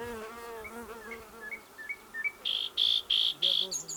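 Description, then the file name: Common nightingale song: a series of soft short whistles, then four loud, buzzy repeated notes, with a droning hum early on. "Luscinia megarhynchos"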